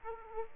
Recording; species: mosquito wingbeat signal from an infrared sensor; Aedes aegypti